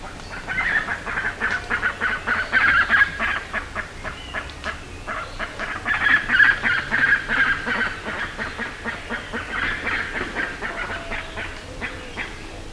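Bird calls, harsh honking notes repeated rapidly, about three or four a second, rising and falling in loudness throughout.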